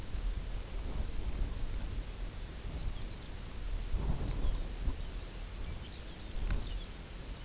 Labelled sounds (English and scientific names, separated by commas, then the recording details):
Lapland Longspur (Calcarius lapponicus)
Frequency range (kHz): Lapland Longspur (Calcarius lapponicus) 1.7-6.5 kHz
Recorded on Arctic tundra, site UTQI-0, on 16 June 2019
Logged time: 20:00